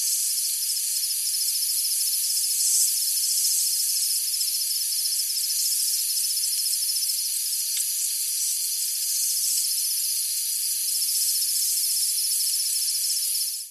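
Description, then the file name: Insects in a thick, high-pitched nocturnal chorus of shimmering buzz and fast pulsed trills, one short click midway, fading out at the end. Insects on a tropical summer night. "zapsplat animals insects night summer tropical eq layer for low level background"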